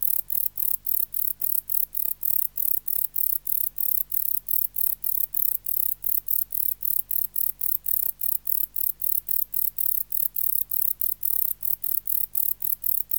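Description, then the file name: Wart-biter stridulation, a fast run of sharp, high-pitched ticking chirps, roughly three or four each second, steady across the whole stretch over faint low background hum. "Bio Acoustica. Decticus verrucivorus"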